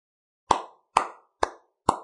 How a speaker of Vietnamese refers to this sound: Tiếng vỗ tay vang lên.